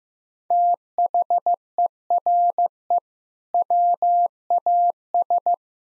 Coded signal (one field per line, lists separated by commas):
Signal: Morse code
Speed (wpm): 15 wpm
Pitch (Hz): 700 Hz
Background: none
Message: THERE WAS